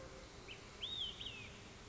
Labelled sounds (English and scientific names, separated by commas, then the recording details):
Olive-sided Flycatcher (Contopus cooperi)
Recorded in Sonoma County, California